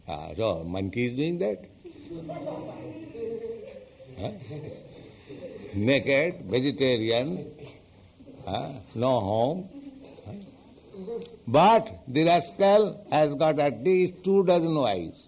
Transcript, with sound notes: So monkey is doing that. Huh? [laughter] Naked, vegetarian, no home. But the rascal has got at least two dozen wives.